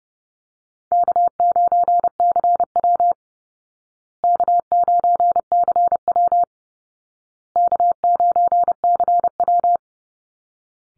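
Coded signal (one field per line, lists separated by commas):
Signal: Morse code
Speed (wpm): 28 wpm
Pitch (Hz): 700 Hz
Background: none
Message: K9CW K9CW K9CW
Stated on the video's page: Morse drill of easy call signs for head-copy at 30wpm, each sent three times, then spoken, then sent again.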